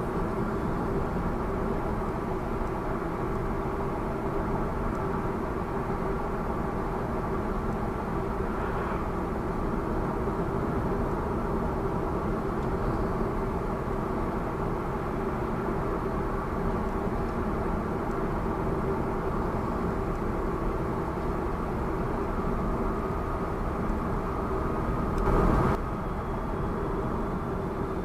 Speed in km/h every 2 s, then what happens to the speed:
80, 80, 80, 78, 77, 78, 78, 79, 78, 78, 77, 77, 77, 77.
0-28 steady at about 78.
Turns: none.